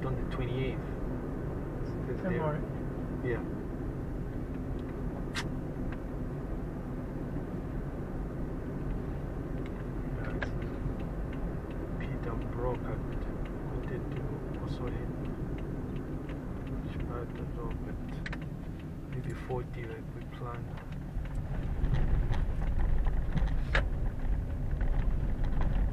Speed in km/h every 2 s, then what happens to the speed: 40, 38, 35, 35, 36, 37, 37, 34, 27, 17, 14, 14, 15.
0-12 steady at about 37. 12-19 slows to 14. 19-26 steady at about 14.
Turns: none.